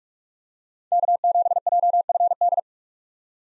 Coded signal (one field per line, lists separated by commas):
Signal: Morse code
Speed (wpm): 43 wpm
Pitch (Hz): 700 Hz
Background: none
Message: K7JFD